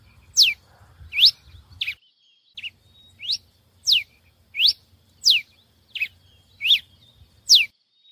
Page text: TICO TICO REI CINZA (Coryphospingus Pileatus)